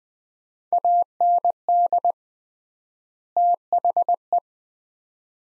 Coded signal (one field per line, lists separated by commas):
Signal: Morse code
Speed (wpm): 20 wpm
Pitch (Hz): 700 Hz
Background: none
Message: AND THE